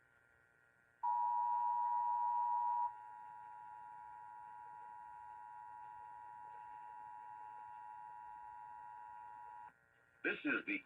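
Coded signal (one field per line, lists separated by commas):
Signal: Emergency Alert System (SAME) tones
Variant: 853 and 960 Hz attention tone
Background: speech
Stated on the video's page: Required Monthly Test heard on San Francisco broadcast radio.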